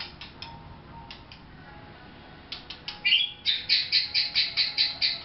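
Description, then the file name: White-rumped shama song: scattered soft clicks at first, then a slurred note and a rapid series of bright, evenly repeated high notes to the end. Vietnam. "shama vietnam omkicau"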